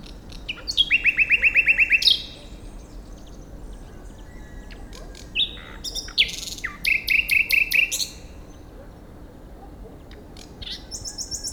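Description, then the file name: Common nightingale delivering a fast rattling trill of about a dozen notes, then after a pause a mix of buzzy and chirping notes, and a final high phrase. "Luscinia megarhynchos"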